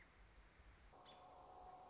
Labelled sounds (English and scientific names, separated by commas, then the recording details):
American Robin (Turdus migratorius)
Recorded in Sonoma County, California